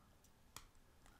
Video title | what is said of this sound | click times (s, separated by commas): How To Remove Airpod Pro Tips | know if you could hear it but it snaps you're going to listen for that and pop it off snap | 0.6 s